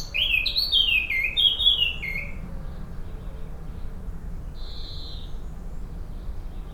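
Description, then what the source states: Common blackbird singing a bright phrase of descending warbled notes over the first two seconds, then a single sustained high tone, with a low rumble throughout. Recorded at Rue Henri Jomain, Niévroz.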